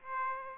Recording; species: mosquito wingbeat signal from an infrared sensor; Aedes aegypti